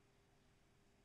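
The two plastic halves of a roller shutter belt winder housing are handled before being folded together, with only a steady low background hiss and a faint hum. No snap is heard, and nothing has seated or clicked yet.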